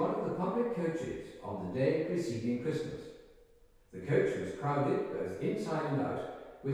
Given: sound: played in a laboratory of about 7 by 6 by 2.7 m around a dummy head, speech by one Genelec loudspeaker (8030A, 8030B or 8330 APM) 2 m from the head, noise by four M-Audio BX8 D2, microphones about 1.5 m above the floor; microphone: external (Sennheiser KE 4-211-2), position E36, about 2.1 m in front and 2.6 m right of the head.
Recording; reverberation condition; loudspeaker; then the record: male speech in English; high; in front (0 degrees)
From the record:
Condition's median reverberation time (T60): about 1300 ms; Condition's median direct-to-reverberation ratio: about -4.0 dB